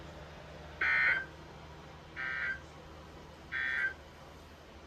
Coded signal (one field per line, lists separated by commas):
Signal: Emergency Alert System (SAME) tones